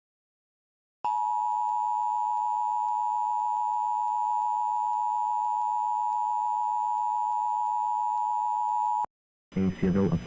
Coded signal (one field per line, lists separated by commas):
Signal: Emergency Alert System (SAME) tones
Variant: 853 and 960 Hz attention tone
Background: speech